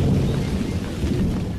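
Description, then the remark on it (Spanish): A loud, deep thunder rumble from a lightning bolt striking a hill rolls on steadily for under two seconds, heavy in the low end with no sharp break, and no voices are heard. “Entonces se escuchó el rayo.”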